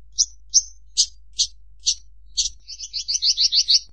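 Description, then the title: Javan bush lark song: six separate sharp high chirps, then a fast run of paired twittering notes, against an otherwise quiet background. "Suara Burung Branjangan"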